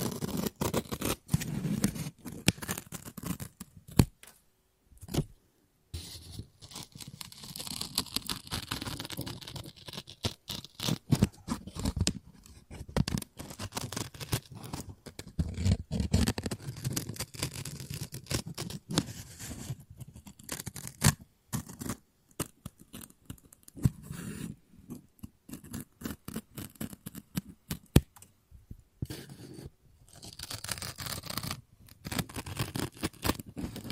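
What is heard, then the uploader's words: Scissors snip and cut through paper in a busy, uneven run of short crisp strokes, with rustling and tearing sounds filling the gaps. Brief silent pauses break the activity near 5 and 29 seconds, and loud sharp snips stand out around 16 and 28 seconds. ASMR Scissors No Talking Snips and Cutting Paper.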